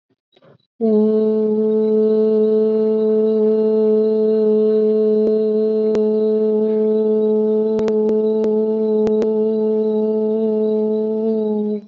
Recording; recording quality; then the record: sustained vowel as in boot; excellent, no background noise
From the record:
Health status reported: COVID-19 positive, no symptoms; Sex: female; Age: 24 years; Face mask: not worn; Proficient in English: yes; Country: India